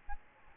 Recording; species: mosquito wingbeat signal from an infrared sensor; Aedes albopictus